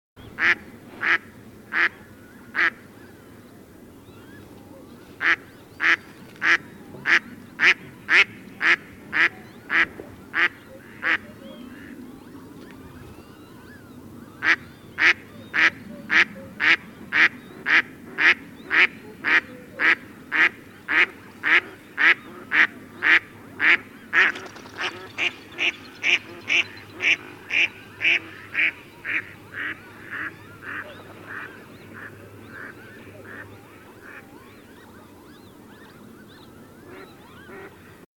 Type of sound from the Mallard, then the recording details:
call. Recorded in the wild. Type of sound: call. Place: Schwerin, Lewitz, Mecklenburg-Vorpommern, DE. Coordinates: 53.636, 11.401. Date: 1975-03-14 18:00. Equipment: Nagra III BH, Sennheiser MD 21, parabola. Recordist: Schubert, Michael. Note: Stockenten - Weibchen Rufe und Abflug, im Hintergrund. Männchen